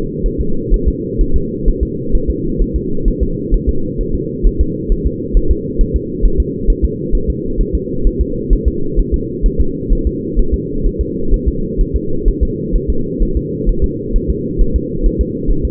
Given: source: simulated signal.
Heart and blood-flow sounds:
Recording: fetal heart sounds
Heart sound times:
0.26 s: S1
0.41 s: S2
0.74 s: S1
0.88 s: S2
1.21 s: S1
1.36 s: S2
1.68 s: S1
1.83 s: S2
2.15 s: S1
2.30 s: S2
2.62 s: S1
2.76 s: S2
3.08 s: S1
3.23 s: S2
3.54 s: S1
3.69 s: S2
4.01 s: S1
4.15 s: S2
4.47 s: S1
4.61 s: S2
4.92 s: S1
5.06 s: S2
5.37 s: S1
5.51 s: S2
5.81 s: S1
5.96 s: S2
6.25 s: S1
6.40 s: S2
6.70 s: S1
6.85 s: S2
7.15 s: S1
7.30 s: S2
7.61 s: S1
7.75 s: S2
8.07 s: S1
8.21 s: S2
8.53 s: S1
8.68 s: S2
9.00 s: S1
9.14 s: S2
9.46 s: S1
9.60 s: S2
9.92 s: S1
10.07 s: S2
10.39 s: S1
10.54 s: S2
10.86 s: S1
11.01 s: S2
11.34 s: S1
11.48 s: S2
11.81 s: S1
11.96 s: S2
12.28 s: S1
12.43 s: S2
12.75 s: S1
12.90 s: S2
13.23 s: S1
13.37 s: S2
13.69 s: S1
13.84 s: S2
14.16 s: S1
14.30 s: S2
14.61 s: S1
14.76 s: S2
15.06 s: S1
15.21 s: S2
15.51 s: S1
15.65 s: S2
From the record:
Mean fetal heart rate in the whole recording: 130 bpm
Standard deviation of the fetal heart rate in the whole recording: 4 bpm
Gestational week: 38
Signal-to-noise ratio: -8.1 dB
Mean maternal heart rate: 72 bpm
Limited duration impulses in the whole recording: absent

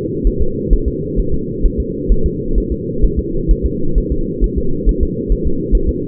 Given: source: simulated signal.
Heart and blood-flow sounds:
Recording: fetal heart sounds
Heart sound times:
0.27 s: S1
0.42 s: S2
0.73 s: S1
0.88 s: S2
1.19 s: S1
1.34 s: S2
1.66 s: S1
1.80 s: S2
2.12 s: S1
2.26 s: S2
2.58 s: S1
2.72 s: S2
3.04 s: S1
3.19 s: S2
3.51 s: S1
3.65 s: S2
3.98 s: S1
4.12 s: S2
4.44 s: S1
4.58 s: S2
4.89 s: S1
5.03 s: S2
5.32 s: S1
5.47 s: S2
5.75 s: S1
5.89 s: S2
From the record:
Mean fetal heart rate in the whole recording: 135 bpm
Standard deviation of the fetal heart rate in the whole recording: 3 bpm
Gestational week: 36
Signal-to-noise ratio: -8.1 dB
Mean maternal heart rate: 72 bpm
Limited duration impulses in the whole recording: absent

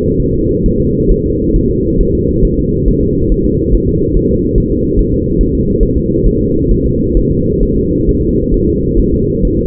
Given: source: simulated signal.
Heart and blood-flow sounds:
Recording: fetal heart sounds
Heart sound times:
0.20 s: S1
0.34 s: S2
0.66 s: S1
0.80 s: S2
1.12 s: S1
1.26 s: S2
1.56 s: S1
1.71 s: S2
2.01 s: S1
2.15 s: S2
2.45 s: S1
2.59 s: S2
2.88 s: S1
3.03 s: S2
3.32 s: S1
3.46 s: S2
3.75 s: S1
3.89 s: S2
4.17 s: S1
4.31 s: S2
4.58 s: S1
4.72 s: S2
4.99 s: S1
5.14 s: S2
5.41 s: S1
5.55 s: S2
5.83 s: S1
5.97 s: S2
6.27 s: S1
6.41 s: S2
6.71 s: S1
6.86 s: S2
7.17 s: S1
7.31 s: S2
7.63 s: S1
7.77 s: S2
8.09 s: S1
8.23 s: S2
8.54 s: S1
8.69 s: S2
8.99 s: S1
9.14 s: S2
9.45 s: S1
9.59 s: S2
From the record:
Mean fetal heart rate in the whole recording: 135 bpm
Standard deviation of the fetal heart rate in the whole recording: 3 bpm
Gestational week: 36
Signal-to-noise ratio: -10.2 dB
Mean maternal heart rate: 72 bpm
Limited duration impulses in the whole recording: present

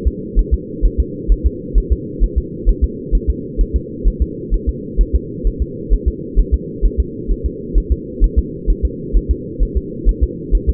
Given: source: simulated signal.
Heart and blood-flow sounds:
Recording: fetal heart sounds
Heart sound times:
0.07 s: S2
0.39 s: S1
0.54 s: S2
0.86 s: S1
1.00 s: S2
1.32 s: S1
1.46 s: S2
1.78 s: S1
1.92 s: S2
2.24 s: S1
2.38 s: S2
2.69 s: S1
2.84 s: S2
3.15 s: S1
3.30 s: S2
3.61 s: S1
3.76 s: S2
4.08 s: S1
4.22 s: S2
4.54 s: S1
4.69 s: S2
5.01 s: S1
5.15 s: S2
5.47 s: S1
5.62 s: S2
5.93 s: S1
6.08 s: S2
6.39 s: S1
6.54 s: S2
6.85 s: S1
7.00 s: S2
7.31 s: S1
7.46 s: S2
7.78 s: S1
7.92 s: S2
8.24 s: S1
8.39 s: S2
8.70 s: S1
8.85 s: S2
9.17 s: S1
9.31 s: S2
9.63 s: S1
9.77 s: S2
10.09 s: S1
10.23 s: S2
10.55 s: S1
10.69 s: S2
From the record:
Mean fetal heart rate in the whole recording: 130 bpm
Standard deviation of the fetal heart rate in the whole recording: 2 bpm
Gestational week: 36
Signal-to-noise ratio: -4.1 dB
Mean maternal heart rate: no maternal heart sound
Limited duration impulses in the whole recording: absent

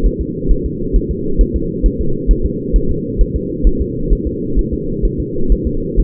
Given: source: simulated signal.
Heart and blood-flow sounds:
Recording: fetal heart sounds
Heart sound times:
0.06 s: S1
0.21 s: S2
0.51 s: S1
0.66 s: S2
0.96 s: S1
1.11 s: S2
1.41 s: S1
1.56 s: S2
1.86 s: S1
2.01 s: S2
2.31 s: S1
2.46 s: S2
2.76 s: S1
2.91 s: S2
3.21 s: S1
3.36 s: S2
3.67 s: S1
3.81 s: S2
4.13 s: S1
4.27 s: S2
4.59 s: S1
4.73 s: S2
5.05 s: S1
5.20 s: S2
5.52 s: S1
5.67 s: S2
6.00 s: S1
From the record:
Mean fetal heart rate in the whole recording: 130 bpm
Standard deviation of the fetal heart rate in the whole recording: 2 bpm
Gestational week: 36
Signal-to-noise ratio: -8.1 dB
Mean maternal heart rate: 72 bpm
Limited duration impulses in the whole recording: absent

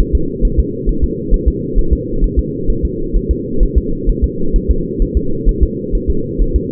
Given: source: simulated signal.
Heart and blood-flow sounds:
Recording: fetal heart sounds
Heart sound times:
0.00 s: S1
0.15 s: S2
0.45 s: S1
0.59 s: S2
0.89 s: S1
1.04 s: S2
1.34 s: S1
1.48 s: S2
1.78 s: S1
1.93 s: S2
2.24 s: S1
2.39 s: S2
2.70 s: S1
2.85 s: S2
3.16 s: S1
3.31 s: S2
3.63 s: S1
3.78 s: S2
4.09 s: S1
4.24 s: S2
4.56 s: S1
4.71 s: S2
5.02 s: S1
5.17 s: S2
5.49 s: S1
5.63 s: S2
5.95 s: S1
6.10 s: S2
6.41 s: S1
6.56 s: S2
From the record:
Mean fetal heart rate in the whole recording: 130 bpm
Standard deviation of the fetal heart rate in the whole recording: 4 bpm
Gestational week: 38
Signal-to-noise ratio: -8.1 dB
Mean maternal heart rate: 72 bpm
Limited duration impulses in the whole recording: absent

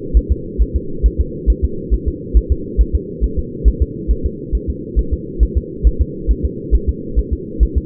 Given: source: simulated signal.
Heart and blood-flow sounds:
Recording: fetal heart sounds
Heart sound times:
0.17 s: S1
0.32 s: S2
0.62 s: S1
0.76 s: S2
1.06 s: S1
1.21 s: S2
1.50 s: S1
1.65 s: S2
1.94 s: S1
2.08 s: S2
2.37 s: S1
2.52 s: S2
2.81 s: S1
2.95 s: S2
3.24 s: S1
3.39 s: S2
3.68 s: S1
3.82 s: S2
4.11 s: S1
4.26 s: S2
4.55 s: S1
4.70 s: S2
4.99 s: S1
5.13 s: S2
5.43 s: S1
5.57 s: S2
5.87 s: S1
6.01 s: S2
6.31 s: S1
6.45 s: S2
6.75 s: S1
6.89 s: S2
7.19 s: S1
7.33 s: S2
7.63 s: S1
7.78 s: S2
From the record:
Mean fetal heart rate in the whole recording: 135 bpm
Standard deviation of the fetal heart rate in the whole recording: 3 bpm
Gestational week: 34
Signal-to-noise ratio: -4.3 dB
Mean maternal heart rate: 72 bpm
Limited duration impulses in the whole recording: absent

